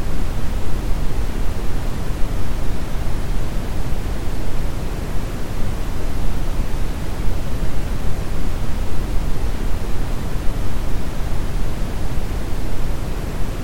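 Steady, deep brown noise rumbles evenly for the whole stretch, heaviest in the low end and muffled up top, with no changes or events.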